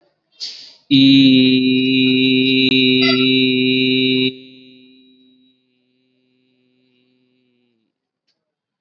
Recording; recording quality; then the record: sustained vowel as in beet; excellent, no background noise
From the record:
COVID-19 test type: RT-PCR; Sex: male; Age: 19 years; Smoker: no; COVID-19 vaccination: both doses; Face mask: worn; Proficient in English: yes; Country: India